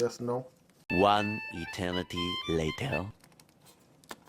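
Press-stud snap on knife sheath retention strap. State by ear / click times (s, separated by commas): released / 4.1 s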